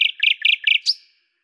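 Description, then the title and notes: Common nightingale repeating a short grouped note four times in quick succession, ending with a single rising note. Recorded at Lavours, France, on 10/05/1998 with a Tascam DAP-1 recorder and Télingua microphone, edited in Samplitude 5.1. "rossignol à LAVOURS. D83, 01350 Lavours, France. 10/05/1998 Tascam DAP-1 Micro Télingua, Samplitude 5.1"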